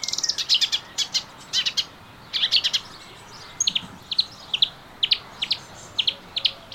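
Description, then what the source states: Melodious warbler song: brisk series of high, clicky chirps in clusters, then more widely spaced single notes to the end. Recorded in a garden on 25 June 2017.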